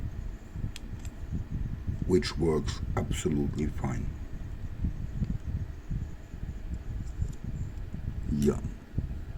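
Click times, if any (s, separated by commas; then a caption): none. The cap of a HongDian A 10 wooden fountain pen with a magnetic clip is handled over the pen's barrel and section, with brief faint ticks at about 0.8 s and 1.1 s over a steady low background hum. Someone talks throughout. The cap is not yet home, and nothing has seated or clicked yet.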